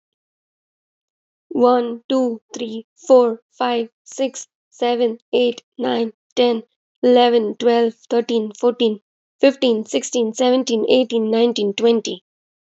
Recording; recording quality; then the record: counting at a normal pace; excellent, no background noise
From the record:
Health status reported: exposed to COVID-19, no respiratory illness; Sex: female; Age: 26 years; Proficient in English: yes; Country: India